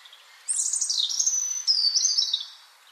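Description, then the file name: European robin song phrase: a high, sweet, sustained warble with thin trilled notes, delivered in two close-linked parts. "Erithacus rubecula"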